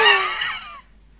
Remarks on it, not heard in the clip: The impression of wheeze would be something like this. Which is a high-pitched whistly noise. So I make that noise with my throat, but the noise from the child would be generally from the chest and often isn't heard with a, without a stethoscope, but maybe sometimes.